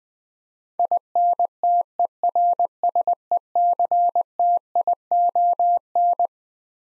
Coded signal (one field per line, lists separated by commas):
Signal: Morse code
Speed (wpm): 21 wpm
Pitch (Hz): 700 Hz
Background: none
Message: INTERSECTION